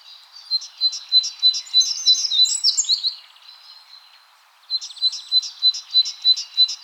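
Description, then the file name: Great tit calls: rapid, high, regularly repeated notes with a brief tangle of sweeping chirps, a short pause, then the repeated series resumes. "Parus major"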